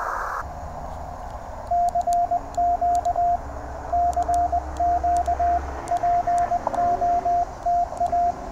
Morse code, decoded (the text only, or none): CQ CQ POTA